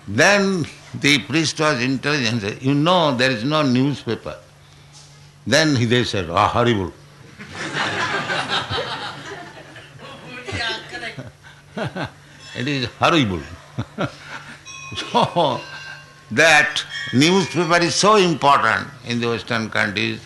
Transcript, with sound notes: Then the priest was intelligent, said, "You know there is no newspaper." Then they said, "Oh, horrible!" [laughter] "It is horrible." So that newspaper is so important in the Western countries.